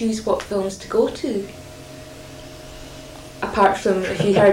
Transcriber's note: laughs